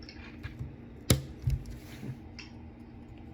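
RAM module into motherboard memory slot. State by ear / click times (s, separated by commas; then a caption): seated / 1.1 s. A RAM module is pushed down into a motherboard DIMM slot until the end latches click, seating it. A sharp click is heard at 1.1 s, followed by softer knocks and handling noise. The module is seated in the slot.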